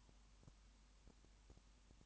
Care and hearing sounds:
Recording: daily activity, microphone in the room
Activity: no activity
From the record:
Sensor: 1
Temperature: 19.2 degrees Celsius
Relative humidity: 37.8%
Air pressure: 1001.1 hPa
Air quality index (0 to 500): 197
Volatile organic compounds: 7 ppm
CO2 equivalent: 1995 ppm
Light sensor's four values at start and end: 1/2/1/1 and 1/2/1/1

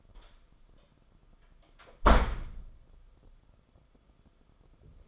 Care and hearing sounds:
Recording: daily activity, microphone in the room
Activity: close door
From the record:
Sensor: 5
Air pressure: 994.4 hPa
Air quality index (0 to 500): 185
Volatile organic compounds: 1000 ppm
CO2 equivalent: 5459 ppm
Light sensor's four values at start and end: 14/35/14/16 and 11/29/11/13

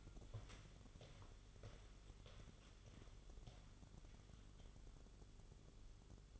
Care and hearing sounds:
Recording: daily activity, microphone in the room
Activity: walk to room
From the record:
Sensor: 4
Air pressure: 1009.0 hPa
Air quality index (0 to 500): 141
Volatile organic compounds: 2 ppm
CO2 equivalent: 1021 ppm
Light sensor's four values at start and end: 14/31/12/12 and 14/32/12/12

